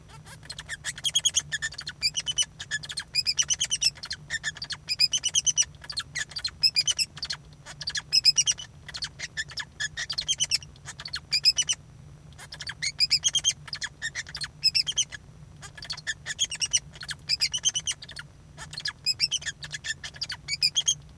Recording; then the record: song of a male Bengalese finch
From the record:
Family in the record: son of father 2